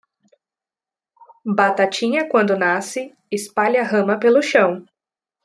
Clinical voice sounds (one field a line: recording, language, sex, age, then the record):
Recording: short text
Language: Brazilian Portuguese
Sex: female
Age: 20 to 29 years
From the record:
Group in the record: control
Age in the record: 20 years